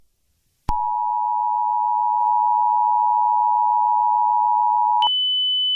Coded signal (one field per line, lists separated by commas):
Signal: Emergency Alert System (SAME) tones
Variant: 853 and 960 Hz attention tone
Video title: EAS SCENARIO: TWISTER